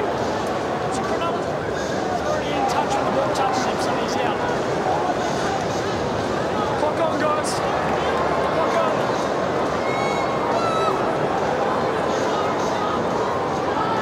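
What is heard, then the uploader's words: A rugby league crowd fills the whole stretch with a dense, steady roar of many voices, loud and unchanging in level. Scattered sharp thuds and brief shouts break through now and then, and a short whistle-like tone rises near the ten-second mark. Sounds of Rugby League. No commentators, just crowd and the sound of human collision.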